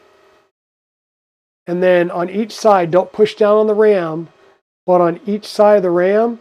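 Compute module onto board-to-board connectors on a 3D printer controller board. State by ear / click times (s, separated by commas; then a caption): not seated / none. A compute module is jiggled on a 3D printer controller board so its board-to-board connectors line up, but it has not yet been pushed home. Someone talks through most of the clip after a faint sound at the start. Nothing has seated or clicked yet.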